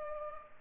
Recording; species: mosquito wingbeat signal from an infrared sensor; Culex pipiens